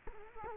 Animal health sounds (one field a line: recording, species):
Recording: mosquito wingbeat signal from an infrared sensor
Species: Culex quinquefasciatus